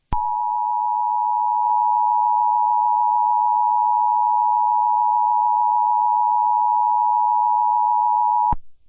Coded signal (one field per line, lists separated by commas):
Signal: Emergency Alert System (SAME) tones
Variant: 853 and 960 Hz attention tone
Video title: (1.01) Depths of The Swamp. (A COS EAS Scenario)